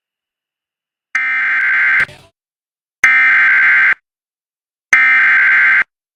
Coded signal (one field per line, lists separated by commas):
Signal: Emergency Alert System (SAME) tones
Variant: header bursts